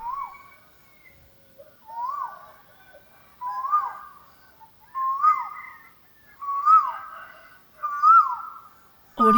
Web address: Asian Koel Bird